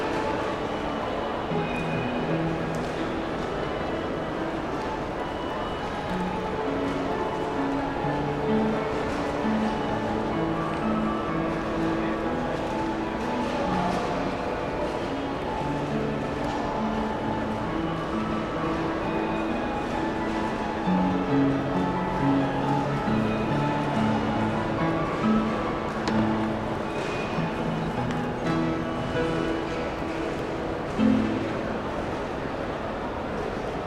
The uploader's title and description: Paris Gard du Nord Train Station Afternoon Piano. Ambient busy big city train station with a talented chap tickling the public piano.